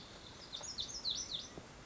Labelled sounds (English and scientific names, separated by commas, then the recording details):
Lazuli Bunting (Passerina amoena)
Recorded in Sonoma County, California